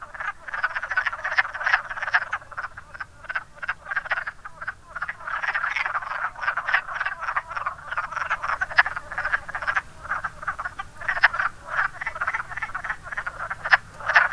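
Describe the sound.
Chorus of wood frogs, many hoarse duck-like clucks overlapping continuously, with sharper individual croaks standing out now and then.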